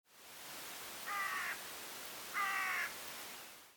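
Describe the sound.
Carrion crow giving two harsh, level caws about a second apart, each lasting around half a second, against a steady hiss of background noise.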